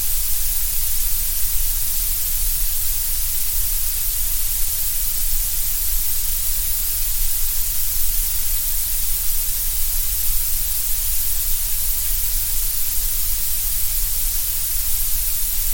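A steady blend of violet and gray noise, an unbroken hiss that stays bright and airy up top with a low, even rumble underneath. Nothing changes over the sixteen seconds; it holds as a uniform whirl, like wind moving through a tunnel.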